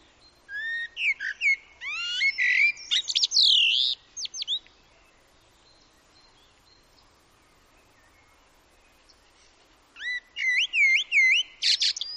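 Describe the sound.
Common blackbird song with loud warbled whistles rising and falling, closing in scratchy twitters, followed by a long pause and another fluting phrase.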